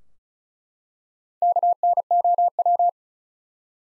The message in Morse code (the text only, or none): KNOW